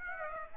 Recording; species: mosquito wingbeat signal from an infrared sensor; Aedes aegypti